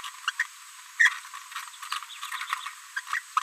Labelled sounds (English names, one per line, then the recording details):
Green-rumped Parrotlet babbling
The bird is a female
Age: 30 days
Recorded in a nest box in Venezuela
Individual 17B73B3